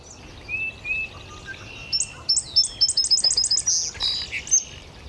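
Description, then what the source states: Indigo Bunting song: bright high-pitched notes repeated in a quick series. Migrant singing up in a maple at Great Meadows National Wildlife Refuge, Concord, Massachusetts, spring morning; high-pitched song, every note and phrase repeated; doesn't normally nest there, probably flew up from the south overnight.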